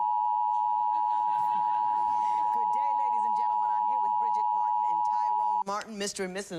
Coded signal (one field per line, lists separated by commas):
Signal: Emergency Alert System (SAME) tones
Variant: 853 and 960 Hz attention tone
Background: speech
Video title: National EAS Test – Milwaukee (11/9/2011)